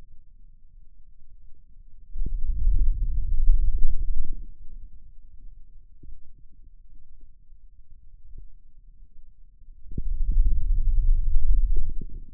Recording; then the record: forearm muscle sounds (acoustic myography)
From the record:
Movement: wrist extension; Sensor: system 2, bracelet of six BSWA MPA416 microphones around the upper forearm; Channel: 2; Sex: male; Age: 22 years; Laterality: right